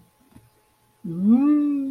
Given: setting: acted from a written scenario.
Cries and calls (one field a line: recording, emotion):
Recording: vocal sound without words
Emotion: desire